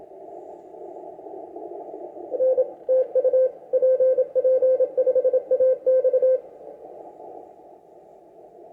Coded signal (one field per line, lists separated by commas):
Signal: Morse code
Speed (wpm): 26 wpm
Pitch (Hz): 520 Hz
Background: none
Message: N TU PP5AX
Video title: PP5AX CARLOS FROM BRAZIL WORK ON CW MORSE CODE